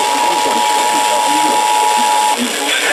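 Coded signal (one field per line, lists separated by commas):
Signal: Emergency Alert System (SAME) tones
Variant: 853 and 960 Hz attention tone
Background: speech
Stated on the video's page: Severe Thunderstorm Warning received on multiple stations.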